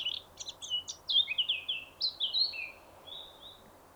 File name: Sylvia atricapilla